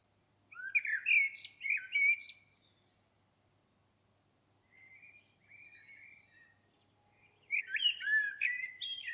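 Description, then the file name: Common blackbird singing: a loud, mellow warbled phrase with squeaky high notes, then quieter fluted phrases, then another loud phrase near the end. "Turdus merula"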